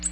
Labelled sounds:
Ovenbird (Seiurus aurocapilla) flight call

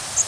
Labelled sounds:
Bay-breasted Warbler (Setophaga castanea) flight call

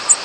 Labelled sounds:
American Redstart (Setophaga ruticilla) flight call

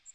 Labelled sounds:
Magnolia Warbler (Setophaga magnolia) flight call

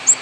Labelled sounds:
Ovenbird (Seiurus aurocapilla) flight call

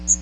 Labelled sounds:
Magnolia Warbler (Setophaga magnolia) flight call

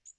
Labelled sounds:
Magnolia Warbler (Setophaga magnolia) flight call

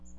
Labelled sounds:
Magnolia Warbler (Setophaga magnolia) flight call

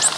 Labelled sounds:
Blue-winged Warbler (Vermivora cyanoptera) flight call

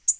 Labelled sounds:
Tennessee Warbler (Leiothlypis peregrina) flight call

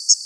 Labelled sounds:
Common Yellowthroat (Geothlypis trichas) flight call

